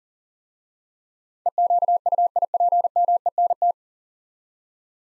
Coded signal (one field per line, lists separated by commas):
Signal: Morse code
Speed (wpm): 37 wpm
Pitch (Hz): 700 Hz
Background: none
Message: EQUIPMENT